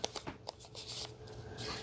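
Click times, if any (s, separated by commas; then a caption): none. A plastic lens hood (sun shade) is reversed and twisted onto the front of a Sigma 18-50 mm F2.8 zoom lens for Sony E (55 mm filter size) for storage. Sharp light plastic ticks at about 0.0, 0.2 and 0.5 seconds give way to steady rubbing and scraping as it turns. Nothing has seated or clicked yet when the clip ends.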